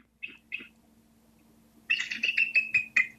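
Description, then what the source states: Bald eagle calls, two short high chirps followed by a quick run of several thin, twittering piping notes. Typical tweeting sound, seeming incongruous from such a big bird; eagles sound chicken-like.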